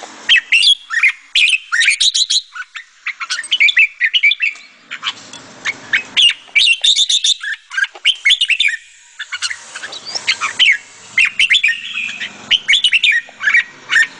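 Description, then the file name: Sooty-headed bulbul song: rapid bursts of chirpy, twittering notes with quick up-and-down slurs, delivered in short phrases separated by brief pauses throughout. "suara kutilang jambul"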